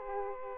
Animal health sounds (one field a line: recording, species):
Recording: mosquito wingbeat signal from an infrared sensor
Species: Aedes aegypti